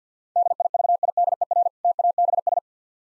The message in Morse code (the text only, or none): DIVIDER TABS